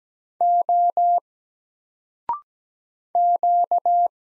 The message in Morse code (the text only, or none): O Q